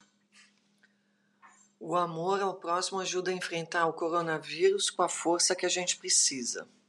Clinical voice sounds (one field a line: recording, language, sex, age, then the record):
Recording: spoken sentence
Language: Brazilian Portuguese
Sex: female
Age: 50 to 59 years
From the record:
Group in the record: control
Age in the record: 50 years